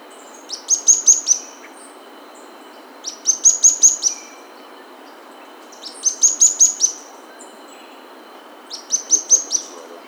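Bird repeating a tight phrase of four or five piercing high chirps about every two and a half to three seconds against low background noise.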